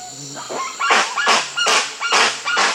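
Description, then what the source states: Spix's guan calling in a rapid series of several loud, raucous, harsh honks over a steady hiss. Recorded in Peru, South America.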